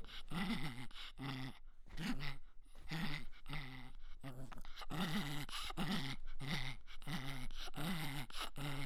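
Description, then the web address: Toy Poodle: dog giving steady rumbling growls in quick succession, almost continuous, with brief breathy sniffles in the gaps. Toy poodle growling and sniffling, recorded close-up. "Toy Poodle Dog CU Growls and Sniffles"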